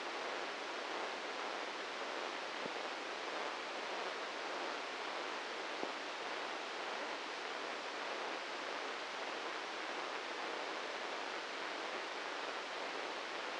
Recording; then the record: brain microelectrode recording played as sound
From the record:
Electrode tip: inside the subthalamic nucleus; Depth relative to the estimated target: 1 mm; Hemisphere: left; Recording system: NeuroSet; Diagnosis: Parkinson's disease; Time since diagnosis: 15 years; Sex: male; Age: 65 years